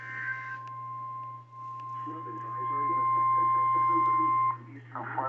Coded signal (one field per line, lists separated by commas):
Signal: Emergency Alert System (SAME) tones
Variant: 1050 Hz attention tone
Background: speech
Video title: Morning Mischief... | EAS #208-214 (Severe Weather Alerts from 4/28/2023)